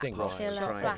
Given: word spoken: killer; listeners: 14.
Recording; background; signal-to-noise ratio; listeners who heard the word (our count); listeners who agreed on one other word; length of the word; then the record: one English word in noise, from a listening test; four-talker babble; -2.4 dB; 1 of 14; 6 of 14; 0.58 s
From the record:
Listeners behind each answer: 6, 2, 2, 1, 1, 1, 1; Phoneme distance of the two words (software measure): 10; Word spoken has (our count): 2 syllables, 4 phonemes, stress on syllable 1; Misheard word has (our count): 2 syllables, 4 phonemes, stress on syllable 1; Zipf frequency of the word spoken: 4.37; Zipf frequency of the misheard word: 2.75